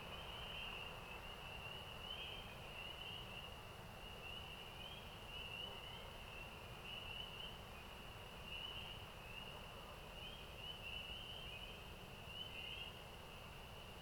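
An overnight spring soundscape outdoors, dominated by a steady, dense chorus of high, shrill calls, like many frogs trilling at once, with small warbling rises every second or so. A low, even rumble and hiss sit underneath, unchanging throughout.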